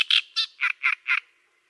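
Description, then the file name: Great reed warbler song fragment, several rasping, grating notes in quick succession before falling silent. "Cannareccione"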